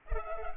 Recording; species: mosquito wingbeat signal from an infrared sensor; Culex pipiens